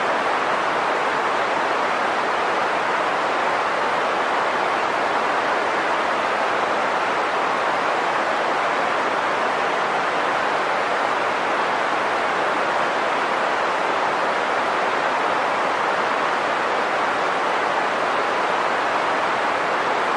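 Green noise plays as a steady, unbroken hiss that never changes over the twenty seconds. Its weight sits in the middle range, soft and full rather than sharp, with little deep rumble and the brightest top end rolled away, like rushing water.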